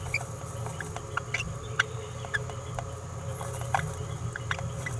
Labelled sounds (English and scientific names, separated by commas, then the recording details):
Green-rumped Parrotlet (Forpus passerinus) babbling
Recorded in a nest box in Venezuela
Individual 18B17A4